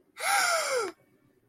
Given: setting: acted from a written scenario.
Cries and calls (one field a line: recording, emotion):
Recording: vocal sound without words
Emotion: fear